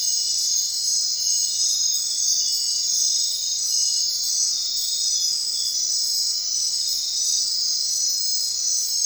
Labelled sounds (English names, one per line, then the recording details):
none
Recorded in secondary vegetation near Puerto Asís, Putumayo, Colombia, on 22 June 2025 at 21:30
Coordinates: 0.499, -76.323
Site G077